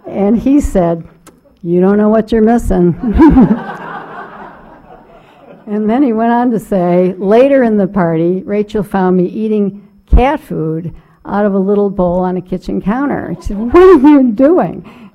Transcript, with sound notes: And he said, "You don't know what you're missing." [LAUGHTER] And then he went on to say later in the party, Rachel found me eating cat food out of a little bowl on the kitchen and she said what are you doing.